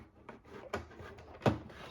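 A plastic wing panel is lined up and pushed onto the corresponding locks on the body of a large Transformers Siege Omega Supreme transforming robot action figure. Light plastic handling and taps around 0.3 s and 0.7 s lead to a sharp, loudest snap at 1.5 s. The wing seats firmly in place.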